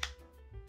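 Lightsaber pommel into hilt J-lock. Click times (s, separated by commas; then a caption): 0.0 s. The pommel of an Ultimate Works Ronin lightsaber (Proffie v2.2) is pushed into the hilt with its spring-loaded pin lined up to the J-lock notch. A single sharp click is heard at 0.0 s, followed by a quiet low hum. The pin seats and the pommel locks in place.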